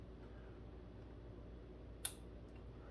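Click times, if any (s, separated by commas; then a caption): 2.1 s. The last plastic push pin of the stock CPU cooler on a 225f CPU is pressed into its mounting hole on an Asus Prime H810m-A Wifi CSM motherboard. After a quiet low hum, one short, sharp snap sounds at 2.1 s as the pin snaps home and seats.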